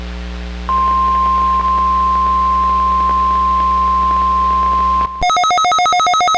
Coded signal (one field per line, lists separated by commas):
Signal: Emergency Alert System (SAME) tones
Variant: 1050 Hz attention tone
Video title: EAS #109 - Required Weekly Test (Recording)